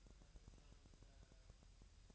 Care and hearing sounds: daily activity, microphone in the room; take from stove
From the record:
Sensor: 2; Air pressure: 1001.9 hPa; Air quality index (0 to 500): 246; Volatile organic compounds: 35 ppm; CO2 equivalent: 3053 ppm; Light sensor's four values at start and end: 5/11/4/5 and 5/11/4/5

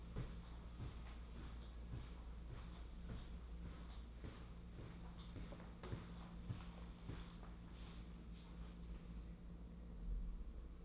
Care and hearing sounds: daily activity, microphone in the room; walk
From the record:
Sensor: 1

